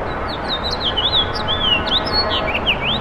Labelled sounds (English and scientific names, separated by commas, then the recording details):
House Finch (Haemorhous mexicanus) song
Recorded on Long Island, New York, on 7 June 2012
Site SU
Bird B